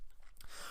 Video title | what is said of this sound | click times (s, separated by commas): Hot Wheels Ford Model A - Chirstmas Build-off | the glass is back into place I place a my grill it snaps back into place | 0.4 s